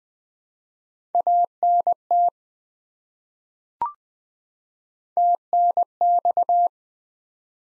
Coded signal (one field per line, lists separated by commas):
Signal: Morse code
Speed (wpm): 20 wpm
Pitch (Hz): 700 Hz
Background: none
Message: ANT TNX